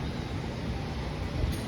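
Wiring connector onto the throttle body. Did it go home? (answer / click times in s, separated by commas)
no / none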